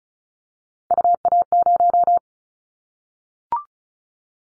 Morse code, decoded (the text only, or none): UA0